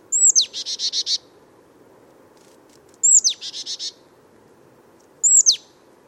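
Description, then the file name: Marsh tit calls: a sharp, high downslurred note followed by a quick buzzy series, given twice, then a lone sharp note near the end. "Poecile palustris"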